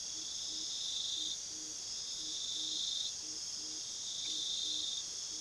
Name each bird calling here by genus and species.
none